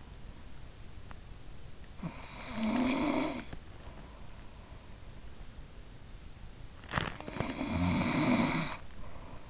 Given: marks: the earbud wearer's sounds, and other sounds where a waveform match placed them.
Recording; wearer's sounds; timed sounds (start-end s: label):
sounds in sleep by an in-ear microphone; snoring breath
1.96-4.36 s: snoring breath
6.47-9.50 s: snoring breath